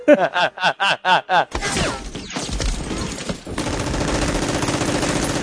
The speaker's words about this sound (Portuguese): Sacou a arma e deu um tiro no Ferdinando e deu um tiro na esposa dele. Foi uma loucura.